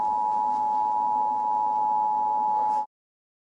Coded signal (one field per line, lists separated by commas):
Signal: Emergency Alert System (SAME) tones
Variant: 853 and 960 Hz attention tone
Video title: A Monster returns EAS scenario ￼